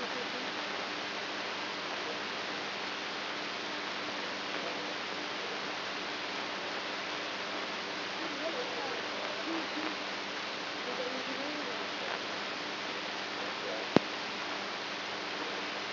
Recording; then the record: brain microelectrode recording played as sound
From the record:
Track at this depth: outside the subthalamic nucleus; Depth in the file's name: 5.512 mm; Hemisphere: right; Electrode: 2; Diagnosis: Parkinson's disease